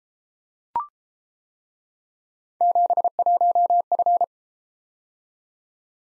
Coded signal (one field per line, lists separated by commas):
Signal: Morse code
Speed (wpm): 31 wpm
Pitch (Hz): 700 Hz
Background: none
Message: 71F